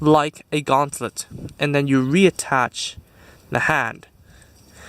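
Someone talks while handling a P-Bandai HG Gundam TR-6 [Hazel II] plastic model kit, with the shield guard tucked onto the forearm like a gauntlet and the plastic hand (manipulator) about to be pushed back onto the wrist joint of the arm holding the shield, so the shield won't slide around. The talking fades after about 4 seconds to a low, quiet stretch with no sharp sounds. Nothing has seated or clicked yet.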